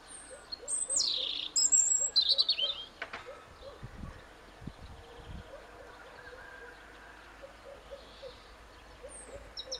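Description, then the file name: European robin song: a short burst of high, thin, varied whistles and trills near the start, then mostly quiet, with a low repeated note in the background throughout. "Erithacus rubecula"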